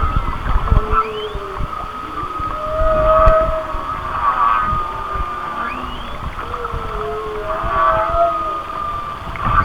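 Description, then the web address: Whale song with drawn-out moans, upward-sweeping whoops and short wavering tones, repeated in loose phrases over faint low rumbling. "Natures Songs Whale Songs Whale Songs- Mike Mc Donald"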